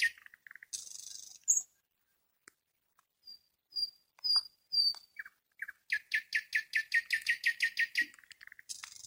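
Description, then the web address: Nightingale song with pauses between phrases: a few pure drawn-out whistles, then a fast run of many loud repeated notes, ending in a high rattle. "spiew slowika slowik wiejski"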